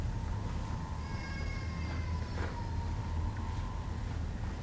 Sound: child crying

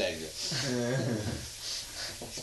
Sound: laughter

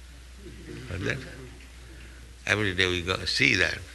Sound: laughter

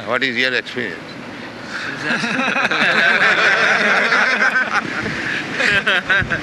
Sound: laughter

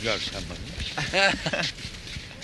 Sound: laughter

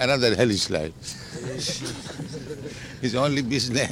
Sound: laughing

